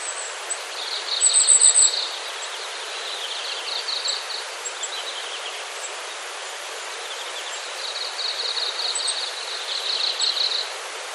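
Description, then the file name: Goldcrest calls: very high, thin, rapid notes in a brief burst early on, faint high ticks later, over steady rustling background noise. "kikuita"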